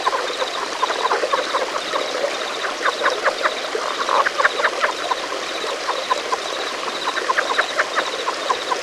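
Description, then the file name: Relict leopard frog calls: rapid clicking pulses in short bursts repeated throughout, with a steady high repeated ticking in the background. "Rana onca"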